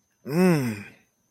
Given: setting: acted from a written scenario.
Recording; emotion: vocal sound without words; awe